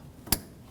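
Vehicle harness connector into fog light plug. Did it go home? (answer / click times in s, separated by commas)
yes / 0.3 s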